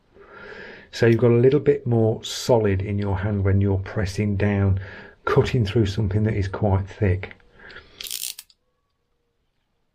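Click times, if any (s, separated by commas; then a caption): 8.0 s, 8.1 s, 8.2 s, 8.4 s. Someone talks, then the blade of a metal-bodied retractable craft knife is slid out and locks into its detent positions with a quick series of ratchet-like clicks at 8.0, 8.1, 8.1, 8.2 and 8.4 seconds. The blade clicks firmly into place.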